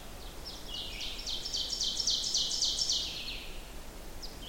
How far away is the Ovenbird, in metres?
about 30 m